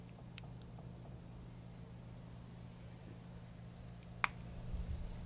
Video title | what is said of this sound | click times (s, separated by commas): Repacking Tesla / SKF Rotor Hybrid Ceramic Bearings | so there we go clicks | 4.2 s